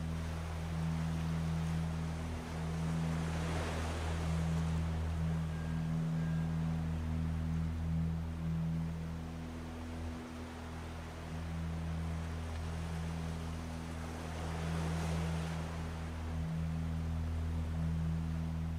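Sea waves wash in slowly, swelling to a peak around three to four seconds and again near fifteen, then easing back. Beneath them, low cello tones hold long and steady, shifting pitch now and then with short breaks between notes.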